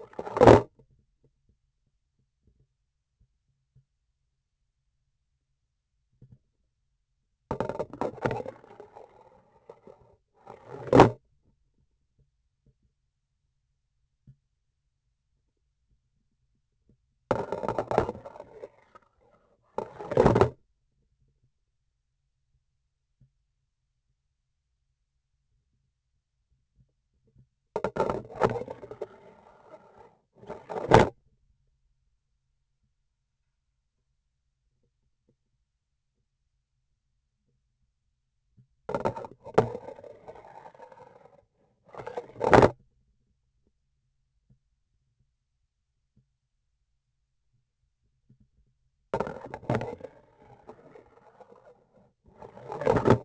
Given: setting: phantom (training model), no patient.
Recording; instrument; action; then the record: laparoscopic instrument, vibration sensor on the handle end; grasping forceps; insertion and removal through the trocar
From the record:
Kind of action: spatial motion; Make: other than Olympus